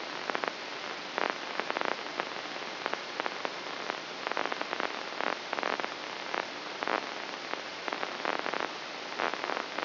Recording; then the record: brain microelectrode recording played as sound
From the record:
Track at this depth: inside the subthalamic nucleus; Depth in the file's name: 4.709 mm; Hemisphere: left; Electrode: 2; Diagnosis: Parkinson's disease